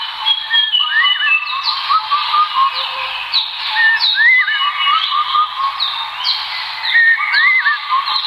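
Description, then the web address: Birds twitter and chirp together in a steady, crowded chorus, with upslurred whistles and short squeaky notes overlapping without pause. "birds asiatori"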